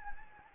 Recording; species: mosquito wingbeat signal from an infrared sensor; Anopheles gambiae